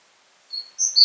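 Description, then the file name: Great tit giving a few quick, thin high whistled notes, the later ones louder, against a quiet background. "Parus major"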